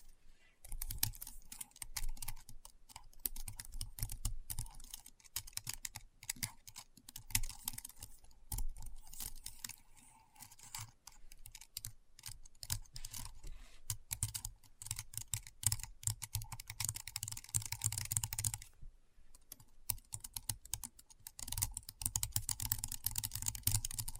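Keyboard typing runs in quick, dense bursts of crisp clicks and low thumps, with a brief pause just before nineteen seconds.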